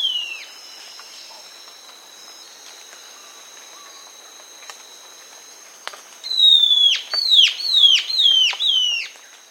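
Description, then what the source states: Bare-eyed antbird song: a single falling whistled note, then a quick series of several sharply descending whistles near the end, over a steady high hum. South America.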